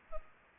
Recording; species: mosquito wingbeat signal from an infrared sensor; Culex pipiens